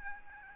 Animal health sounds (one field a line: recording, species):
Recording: mosquito wingbeat signal from an infrared sensor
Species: Aedes albopictus